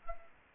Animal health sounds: mosquito wingbeat signal from an infrared sensor; Anopheles gambiae

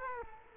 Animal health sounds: mosquito wingbeat signal from an infrared sensor; Culex quinquefasciatus

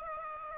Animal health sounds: mosquito wingbeat signal from an infrared sensor; Aedes aegypti

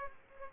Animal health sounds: mosquito wingbeat signal from an infrared sensor; Aedes aegypti

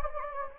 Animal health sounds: mosquito wingbeat signal from an infrared sensor; Anopheles gambiae

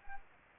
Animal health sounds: mosquito wingbeat signal from an infrared sensor; Anopheles arabiensis

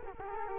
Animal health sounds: mosquito wingbeat signal from an infrared sensor; Culex quinquefasciatus

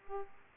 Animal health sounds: mosquito wingbeat signal from an infrared sensor; Aedes aegypti

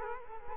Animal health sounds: mosquito wingbeat signal from an infrared sensor; Culex quinquefasciatus

